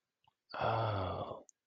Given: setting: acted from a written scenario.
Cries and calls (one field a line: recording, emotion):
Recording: vocal sound without words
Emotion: realization